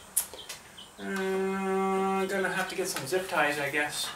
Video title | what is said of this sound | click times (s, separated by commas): Installing the LED strip lights in the work shop | this guy should just snap right in | 0.2 s